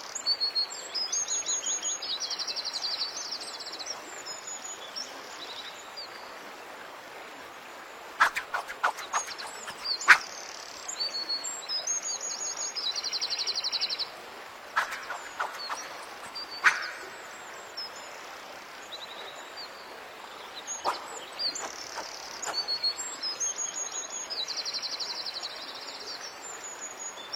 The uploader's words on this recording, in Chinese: 白噪音 中国风 高山流水 武侠练剑修仙氛围。